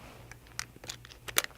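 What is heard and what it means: The keyed, color-coded plastic connectors of a thermal pad tubing set are pushed onto the matching connectors on a Breg VPULSE cold therapy unit. Sharp clicks at 0.6 s and 1.4 s mark the connectors seating, with quieter clicks and handling noise around them over a low hum. The connection is fastened and secure.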